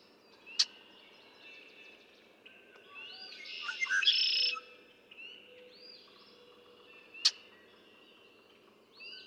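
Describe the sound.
Red-winged blackbird song, one rasping buzzy trill near the middle, with sharp ticks and assorted whistles and chirps from other birds.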